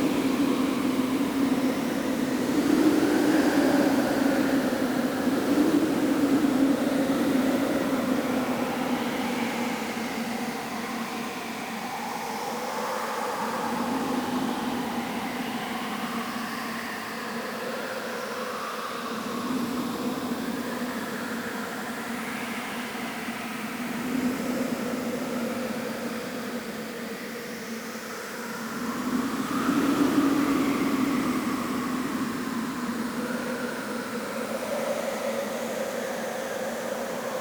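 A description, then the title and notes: Wind howls steadily across a desert sandstorm, a dense rushing roar with whistling tones that slide up and down in pitch. The gusts swell early on and again near the thirty-second mark, easing slightly in between, with a low rumble underneath throughout. Windy Desert Sandstorm.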